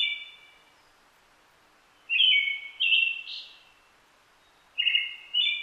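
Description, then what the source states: Brown-headed thrush song: clear whistled phrases of two notes, the second slightly higher, separated by short pauses. Recorded 29 June 2009 at 17:46.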